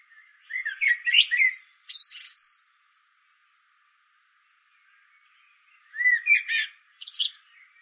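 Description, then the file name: Common blackbird song: a mellow warbled phrase ending in a thin scratchy flourish, then a long silence and a second similar phrase. "Turdus merula"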